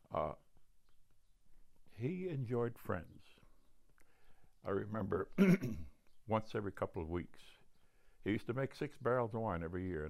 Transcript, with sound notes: I. He enjoyed friends. I remember [clears throat] once every couple of weeks — he used to make six barrels of wine every year.